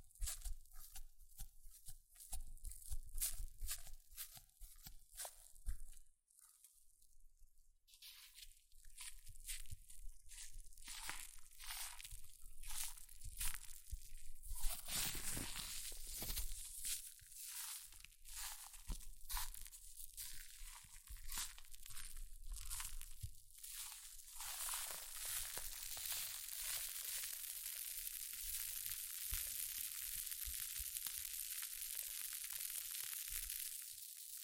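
Hair mousse fizzes and crackles in dense, bright bursts of tiny pops and crunchy snaps. A brief near-silence falls around six seconds, then the crackling builds again. After about twenty-five seconds it settles into a steady, hissing fizz.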